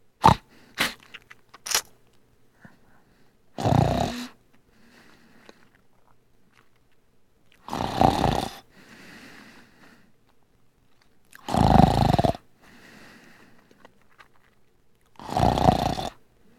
Daily life snoring sound.